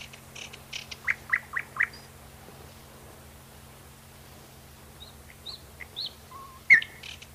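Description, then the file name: Nightingale song with bursts of sharp chirps, a quiet stretch, then varied notes and a loud harsh note near the end; low steady hum throughout. "solovey"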